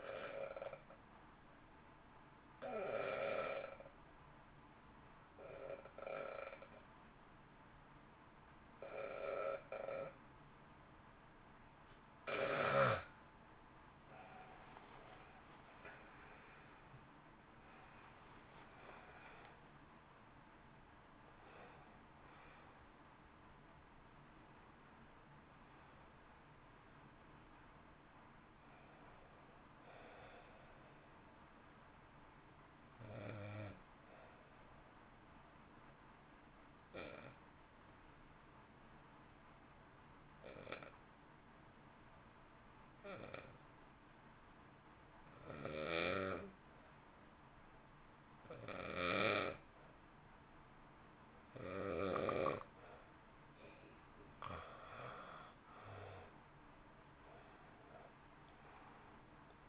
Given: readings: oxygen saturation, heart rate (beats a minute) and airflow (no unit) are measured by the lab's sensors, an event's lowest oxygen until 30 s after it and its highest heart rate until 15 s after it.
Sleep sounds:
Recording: breathing in sleep by a voice recorder at the bedside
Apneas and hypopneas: 2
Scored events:
4.00-17.40 s: hypopnea (REM, oxygen 93% highest, then 89% lowest, heart rate 57 at the start, 74 highest)
14.00-59.69 s: new sleep stage, N1 (lightest sleep)
30.00-52.30 s: hypopnea (N1, oxygen 96% highest, then 86% lowest, heart rate 51 at the start, 62 highest)
From the record:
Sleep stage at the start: REM sleep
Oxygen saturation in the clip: 89 to 96%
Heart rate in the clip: 50 to 74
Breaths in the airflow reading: 10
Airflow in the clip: -4.3 to 8.3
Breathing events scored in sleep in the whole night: 328 in 6.3 hours asleep

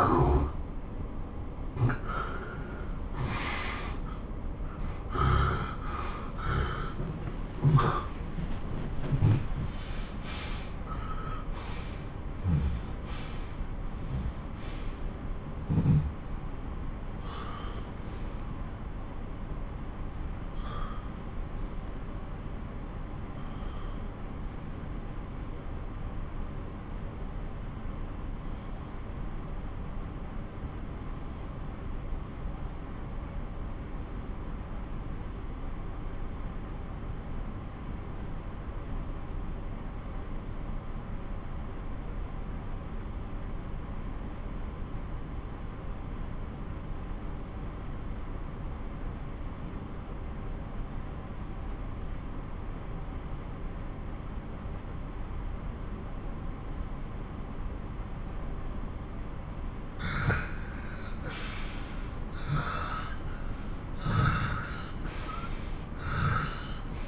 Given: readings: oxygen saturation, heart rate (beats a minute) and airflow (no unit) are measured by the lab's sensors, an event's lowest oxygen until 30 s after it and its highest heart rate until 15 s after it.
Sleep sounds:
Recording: breathing in sleep by a smartphone at the bedside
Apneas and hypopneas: 1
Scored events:
23.00-58.00 s: obstructive apnea (N1, oxygen 97% highest, then 83% lowest)
From the record:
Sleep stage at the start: N1 (lightest sleep)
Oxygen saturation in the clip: 80 to 97%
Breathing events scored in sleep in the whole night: 217 in 6.3 hours asleep

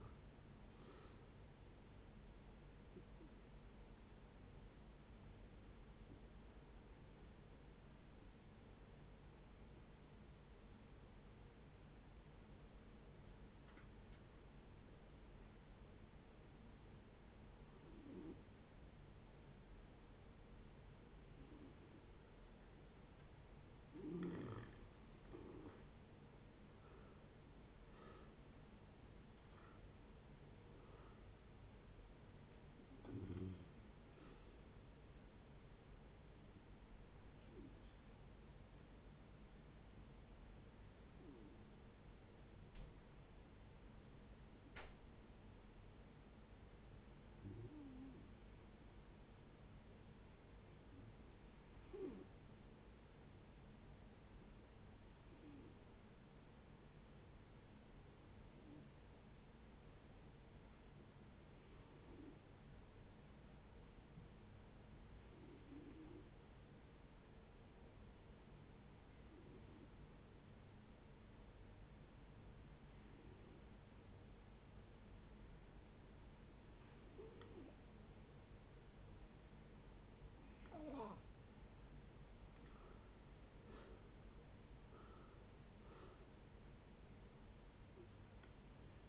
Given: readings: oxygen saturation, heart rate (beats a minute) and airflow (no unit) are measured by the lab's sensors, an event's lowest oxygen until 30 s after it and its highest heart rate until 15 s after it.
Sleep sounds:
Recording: breathing in sleep by a voice recorder at the bedside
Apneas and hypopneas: 2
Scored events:
3.00-24.80 s: hypopnea (N1, oxygen 94% highest, then 86% lowest, heart rate 78 at the start, 79 highest)
51.00-81.50 s: hypopnea (N1, oxygen 96% highest, then 83% lowest, heart rate 66 at the start, 76 highest)
57.00-87.00 s: new sleep stage, N2 (light sleep)
87.00-89.09 s: new sleep stage, N1 (lightest sleep)
From the record:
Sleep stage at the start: N1 (lightest sleep)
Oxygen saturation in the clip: 83 to 96%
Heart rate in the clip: 55 to 79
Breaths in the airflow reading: 25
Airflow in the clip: -10.3 to 10.3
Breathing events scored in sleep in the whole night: 496 in 5.4 hours asleep

